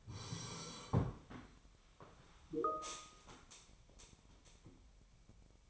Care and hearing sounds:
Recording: daily activity, microphone in the room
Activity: sit down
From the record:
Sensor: 1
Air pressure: 1015.3 hPa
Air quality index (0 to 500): 158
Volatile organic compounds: 9 ppm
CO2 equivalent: 2196 ppm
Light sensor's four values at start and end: 12/29/12/13 and 12/30/12/13

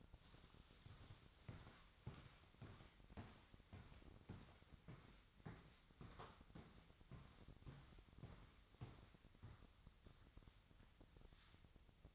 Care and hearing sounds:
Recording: daily activity, microphone in the room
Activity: walk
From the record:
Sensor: 3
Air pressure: 1001.6 hPa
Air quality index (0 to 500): 225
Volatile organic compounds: 31 ppm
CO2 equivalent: 2988 ppm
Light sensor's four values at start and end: 6/17/7/6 and 12/36/15/13

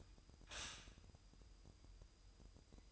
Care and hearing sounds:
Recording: daily activity, microphone in the room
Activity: stop toaster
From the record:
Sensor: 2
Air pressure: 988.4 hPa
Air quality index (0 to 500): 191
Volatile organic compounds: 182 ppm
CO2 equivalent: 4152 ppm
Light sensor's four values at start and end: 20/68/27/25 and 20/68/27/25

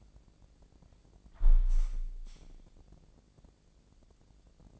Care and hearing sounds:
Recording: daily activity, microphone in the room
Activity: close window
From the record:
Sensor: 5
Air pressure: 1012.4 hPa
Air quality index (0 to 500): 159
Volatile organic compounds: 2 ppm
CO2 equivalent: 1077 ppm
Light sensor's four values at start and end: 97/233/98/108 and 96/232/98/108

